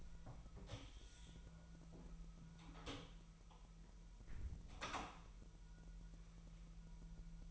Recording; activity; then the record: daily activity, microphone in the room; close door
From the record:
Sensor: 1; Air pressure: 1001.2 hPa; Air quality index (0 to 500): 250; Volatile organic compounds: 149 ppm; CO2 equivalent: 4018 ppm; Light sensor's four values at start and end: 13/31/13/14 and 13/30/13/14